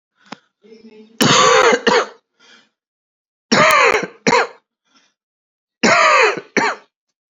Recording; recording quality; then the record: heavy voluntary cough; excellent, no background noise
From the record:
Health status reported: healthy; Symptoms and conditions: none ticked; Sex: male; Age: 40 years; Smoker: not ticked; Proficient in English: yes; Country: India